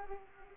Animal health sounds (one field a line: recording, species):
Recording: mosquito wingbeat signal from an infrared sensor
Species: Aedes aegypti